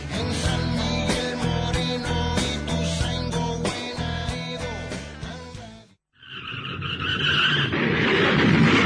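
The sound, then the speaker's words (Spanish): Upbeat music plays, then cuts out; after a short pause, a car's tires screech high, wailing for a couple of seconds before giving way to a loud, rough burst of noise as the car crashes. “¡Mirá cómo quedó el auto! Perdóname, fue mi culpa.”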